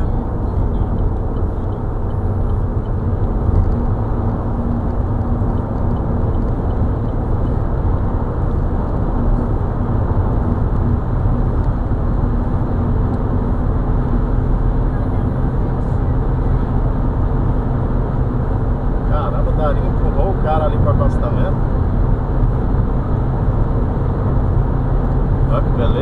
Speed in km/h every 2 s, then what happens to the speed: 118, 123, 133, 135, 141, 144, 148, 150, 149, 151, 152, 152, 152.
0-12 speeds up to 148. 12-26 steady at about 151.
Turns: none.